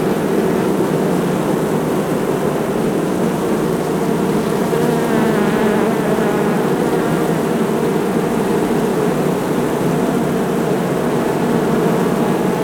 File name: Sound Ideas - Heavy Buzzing from Several Bees